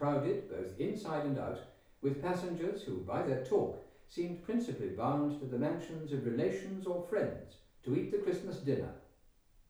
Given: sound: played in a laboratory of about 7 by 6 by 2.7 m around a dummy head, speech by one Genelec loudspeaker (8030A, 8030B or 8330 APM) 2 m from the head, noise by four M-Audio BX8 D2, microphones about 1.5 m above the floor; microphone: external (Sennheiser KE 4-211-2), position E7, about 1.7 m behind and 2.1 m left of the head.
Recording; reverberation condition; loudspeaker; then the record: male speech in English; medium; 150 degrees to the right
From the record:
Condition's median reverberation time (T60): about 510 ms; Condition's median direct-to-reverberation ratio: about -0.5 dB